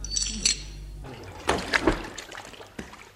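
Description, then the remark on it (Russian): Heavy shackles are thrown and splash into ocean water, a few sharp bursts of splashing and churning liquid following a low rumble, then a final smaller splash. “эти кандалы я бросаю в пучину океана.”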